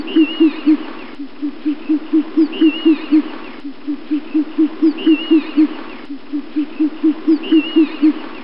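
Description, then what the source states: Short-eared owl uttering fast series of deep, even hoots, the short runs recurring every few seconds, accompanied by a faint higher whistled note. Recorded in Gloucestershire.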